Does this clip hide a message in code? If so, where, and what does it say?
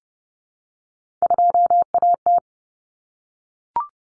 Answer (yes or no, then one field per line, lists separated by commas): yes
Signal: Morse code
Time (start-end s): 1.2-2.4 s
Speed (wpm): 30 wpm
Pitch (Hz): 700 Hz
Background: none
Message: 2AT